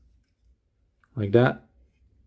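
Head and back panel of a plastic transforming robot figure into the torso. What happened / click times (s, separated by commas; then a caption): The plastic part is being handled and has not clicked home yet / none. The head and back panel of a plastic transforming robot figure is handled as it is about to be pushed into place on the torso, with faint low handling noise throughout. Someone talks briefly in the middle of the clip. The part has not seated or clicked in yet.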